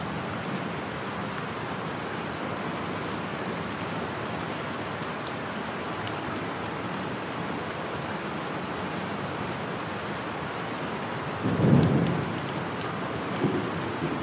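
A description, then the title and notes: Rain falls steadily on leaves in a forest, a dense, even hiss of countless drops with no letup. Around the twelve-second mark a brief low rumble swells and fades, likely distant thunder, before the rain continues unchanged. Rain in the Forest. Enjoy nature's organic white noise of thunder and the sound of rain hitting green leaves. The sounds of a thunderstorm in the forest.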